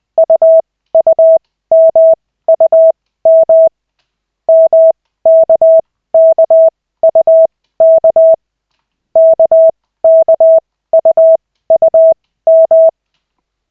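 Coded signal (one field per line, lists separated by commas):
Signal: Morse code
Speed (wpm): 20 wpm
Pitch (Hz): 650 Hz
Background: none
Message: UUMUM MKKUK KKUUM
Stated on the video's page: Koch-method Morse practice, lesson 2 of 40, in 5-minute sessions generated by the LCWO.net website.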